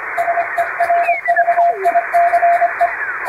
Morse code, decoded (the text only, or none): SERVICE